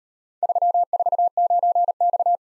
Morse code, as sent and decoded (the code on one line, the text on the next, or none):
...-- ....- ----. -..-
349X